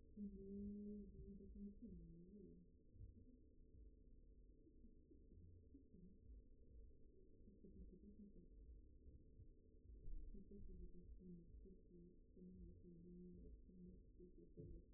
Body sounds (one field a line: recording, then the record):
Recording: forearm muscle sounds (acoustic myography)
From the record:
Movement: finger pinch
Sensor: system 2, bracelet of six BSWA MPA416 microphones around the upper forearm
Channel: 6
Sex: male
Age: 22 years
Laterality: right